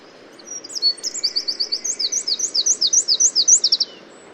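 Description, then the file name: Eurasian wren pouring out an explosive high-pitched song of rapid repeated notes and trills over a continuous low hiss. "Troglodytes troglodytes"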